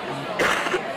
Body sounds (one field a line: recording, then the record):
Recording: coughing mixed with background sound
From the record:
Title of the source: 31 night wet cough